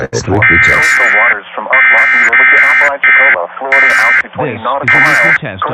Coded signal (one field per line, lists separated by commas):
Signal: Emergency Alert System (SAME) tones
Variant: end-of-message bursts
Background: speech